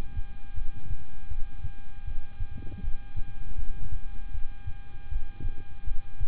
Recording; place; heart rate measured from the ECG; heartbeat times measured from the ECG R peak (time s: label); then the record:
heart sounds by stethoscope; between the tricuspid and mitral areas; 79 bpm
0.54 s: heartbeat
1.28 s: heartbeat
2.04 s: heartbeat
2.81 s: heartbeat
3.56 s: heartbeat
4.31 s: heartbeat
5.09 s: heartbeat
5.84 s: heartbeat
From the record:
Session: rest, lying down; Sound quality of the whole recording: good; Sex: male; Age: 26 years